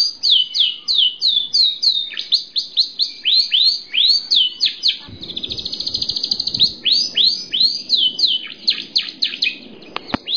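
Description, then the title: Bird singing a fast series of high, down-slurred whistles, with a buzzy rapid trill in the middle and a brief click near the end. Masteran-style song. "LuckyBurung MasteranBest"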